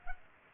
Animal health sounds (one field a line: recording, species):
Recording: mosquito wingbeat signal from an infrared sensor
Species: Culex pipiens